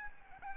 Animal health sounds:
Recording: mosquito wingbeat signal from an infrared sensor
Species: Aedes albopictus

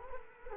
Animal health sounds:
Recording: mosquito wingbeat signal from an infrared sensor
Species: Culex quinquefasciatus

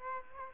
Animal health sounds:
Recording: mosquito wingbeat signal from an infrared sensor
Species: Aedes aegypti

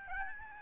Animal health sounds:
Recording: mosquito wingbeat signal from an infrared sensor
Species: Aedes albopictus

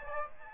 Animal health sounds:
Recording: mosquito wingbeat signal from an infrared sensor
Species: Aedes aegypti

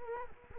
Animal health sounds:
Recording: mosquito wingbeat signal from an infrared sensor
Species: Culex quinquefasciatus

